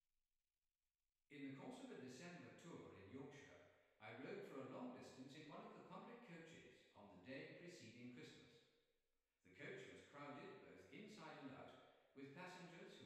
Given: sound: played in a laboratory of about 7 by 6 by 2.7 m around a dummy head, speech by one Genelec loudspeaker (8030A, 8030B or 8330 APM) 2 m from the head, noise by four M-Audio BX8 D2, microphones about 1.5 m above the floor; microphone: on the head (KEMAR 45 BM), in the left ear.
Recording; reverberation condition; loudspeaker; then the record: male speech in English; high; 150 degrees to the right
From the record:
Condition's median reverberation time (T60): about 1300 ms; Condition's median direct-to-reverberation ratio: about -4.0 dB